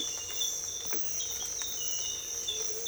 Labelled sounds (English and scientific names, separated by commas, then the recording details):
none
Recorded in dense forest near Puerto Asís, Putumayo, Colombia, on 22 December 2024 at 06:00
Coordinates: 0.482, -76.320
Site G021